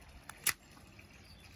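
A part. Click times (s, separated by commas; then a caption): 0.5 s. The quick release latch on a Naish Torque 2 kite control bar is triggered and pops open with a sharp snap at about 0.5 s, after a faint tick at 0.3 s. The release opens, and only quiet background remains afterward.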